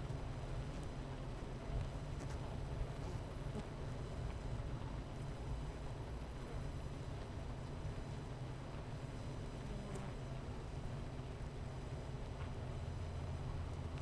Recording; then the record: honeybee colony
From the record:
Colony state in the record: missing queen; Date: 14 July 2017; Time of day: 10:54